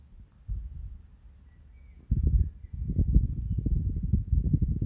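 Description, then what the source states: Field cricket song: steady high chirps of quick pulses, several a second, over low rumbling noise. Recorded on 27 June 2023.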